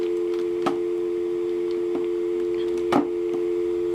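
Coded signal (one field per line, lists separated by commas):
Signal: telephone call progress tone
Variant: North America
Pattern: dial tone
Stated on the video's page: Call progress tones on North American local coin lines: coin first (prepay), dial tone first, semi-dial tone first, postpay and semi-postpay, all local calls from a private switch.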